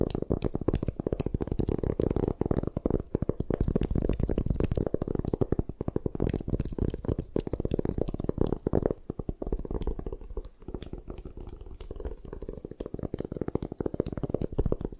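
Gym chalk is crushed and crumbled in a dense, steady run of dull crackles and soft thuds, easing slightly after nine seconds.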